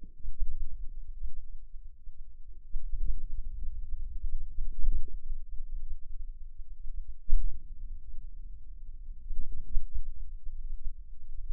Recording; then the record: forearm muscle sounds (acoustic myography)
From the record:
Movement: hand opening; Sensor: system 2, bracelet of six BSWA MPA416 microphones around the upper forearm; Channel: 5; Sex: male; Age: 22 years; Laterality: right